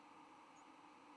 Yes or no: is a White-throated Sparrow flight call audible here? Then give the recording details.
no. Another species' flight call is heard. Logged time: 06:19 on 10 November 2014